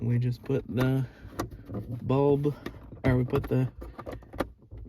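A plastic dome light lens is handled at the overhead console housing of a 2022 Nissan Frontier pickup during an LED festoon bulb upgrade. Someone talks throughout, and a few faint, sharp ticks of handling sound between 4.0 and 4.4 seconds. Nothing has seated or clicked yet.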